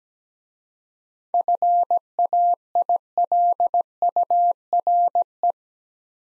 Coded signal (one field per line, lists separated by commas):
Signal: Morse code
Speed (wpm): 17 wpm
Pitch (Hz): 700 Hz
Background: none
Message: FAILURE